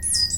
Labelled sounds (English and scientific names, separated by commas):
Stitchbird (Notiomystis cincta) song